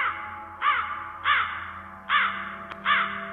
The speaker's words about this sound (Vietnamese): Bất chợt từ trên những cành cây cao quanh nghĩa địa, vài con quạ đen bất thình lình vỗ cánh phành phạch rồi bay vút lên, kêu lên từng tiếng thê thiết rợn người.